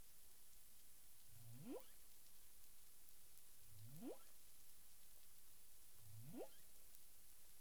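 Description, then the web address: Humpback whale calls: three low upsweeps rising steeply from a deep grunt to a higher whoop, repeated a little over every two seconds over steady hiss. Caribbean, 9 April 2002, 18:30 UTC, from the CARIMAM dataset. "CARIMAM clean data humpback whale 20020409 183053 UTC"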